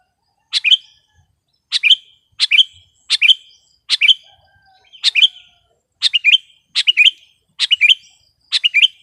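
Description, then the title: Sooty-headed bulbul giving clear, quick chirpy phrases spaced out every second or less, in otherwise quiet surroundings. "kutilang"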